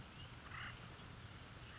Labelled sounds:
Acorn Woodpecker
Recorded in Sonoma County, California

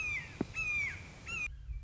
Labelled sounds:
Red-shouldered Hawk
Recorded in Sonoma County, California

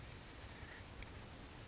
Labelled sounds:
California Towhee
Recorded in Sonoma County, California

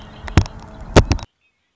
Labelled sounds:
Red-winged Blackbird
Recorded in Sonoma County, California

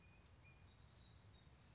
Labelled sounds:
Song Sparrow
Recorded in Sonoma County, California

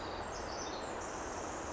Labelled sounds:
Pacific Wren
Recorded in Sonoma County, California

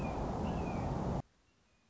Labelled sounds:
Red-shouldered Hawk
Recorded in Sonoma County, California

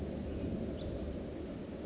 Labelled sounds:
Pacific Wren
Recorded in Sonoma County, California

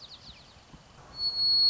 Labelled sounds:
White-crowned Sparrow
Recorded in Sonoma County, California

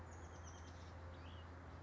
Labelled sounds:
Oak Titmouse
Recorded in Sonoma County, California

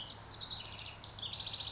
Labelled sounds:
House Wren
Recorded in Sonoma County, California

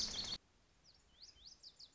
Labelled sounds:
Lazuli Bunting
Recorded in Sonoma County, California

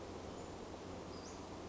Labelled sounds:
Western Flycatcher
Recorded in Sonoma County, California

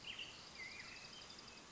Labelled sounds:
Black-headed Grosbeak
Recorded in Sonoma County, California

